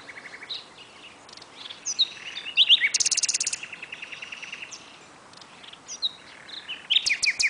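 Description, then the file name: Common nightingale song: rising slurred notes leading into a long, rapid series of repeated notes, then quieter varied phrases. "Luscinia megarhynchos"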